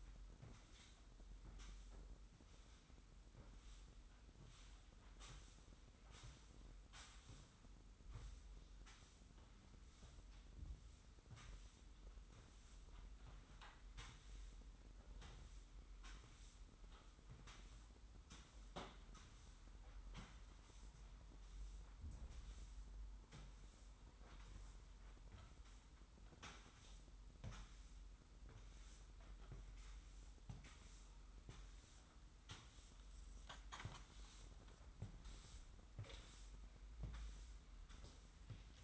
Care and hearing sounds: daily activity, microphone in the room; sweep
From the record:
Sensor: 3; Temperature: 25.5 degrees Celsius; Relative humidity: 43.4%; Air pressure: 990.4 hPa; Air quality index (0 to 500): 196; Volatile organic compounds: 1000 ppm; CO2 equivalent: 6413 ppm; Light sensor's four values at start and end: 43/101/41/39 and 38/91/37/35

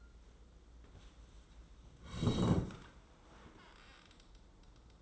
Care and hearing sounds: daily activity, microphone in the room; sit down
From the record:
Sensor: 3

